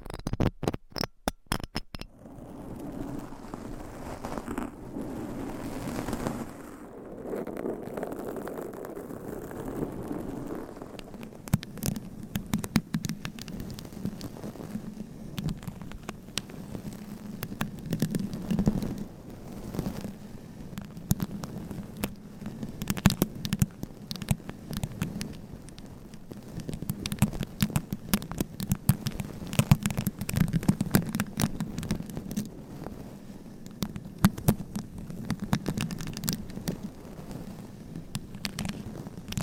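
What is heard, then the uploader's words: Scratching, tapping and brushing on a microphone cover, with a low rubbing rumble under a steady stream of fine scratches. Sharp taps and clicks crowd the first two seconds, then dense crackly brushing continues to the end with frequent bright ticks. ASMR Mic Scratching , Tapping & Brushing with Different Mic Covers , Brushes & Nails No Talking.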